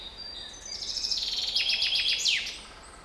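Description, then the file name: Common chaffinch song: a series of high notes, then a run of quick descending notes ending in a brief flourish, over faint background hiss. "Fringilla coelebs"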